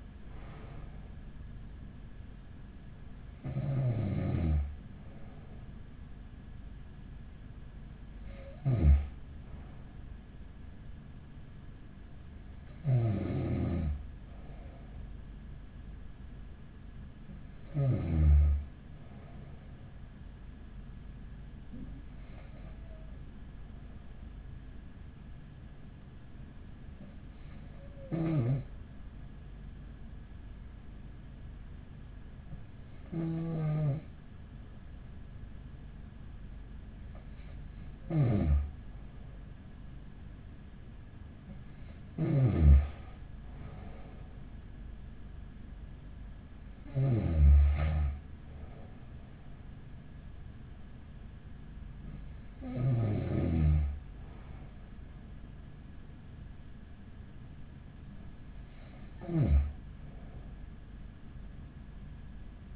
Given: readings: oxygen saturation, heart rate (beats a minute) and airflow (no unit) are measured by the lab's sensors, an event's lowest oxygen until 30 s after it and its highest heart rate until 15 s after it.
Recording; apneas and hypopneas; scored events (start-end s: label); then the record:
breathing in sleep by a smartphone at the bedside; none
none scored
From the record:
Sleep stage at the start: N2 (light sleep); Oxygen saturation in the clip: 94 to 95%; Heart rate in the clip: 41 to 45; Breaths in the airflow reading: 13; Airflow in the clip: -9.5 to 12.3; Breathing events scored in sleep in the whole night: 207 in 7.6 hours asleep